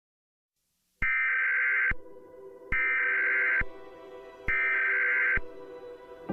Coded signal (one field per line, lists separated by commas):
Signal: Emergency Alert System (SAME) tones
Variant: header bursts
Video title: EAS Scenario: Alien Armada